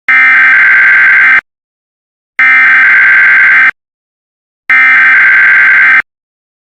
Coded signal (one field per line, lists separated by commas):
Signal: Emergency Alert System (SAME) tones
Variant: header bursts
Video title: EAS Mock Flood Warning 7/25/10 (VERY REALISTIC!!!)